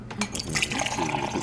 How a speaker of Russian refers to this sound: Слышишь? Вода льется.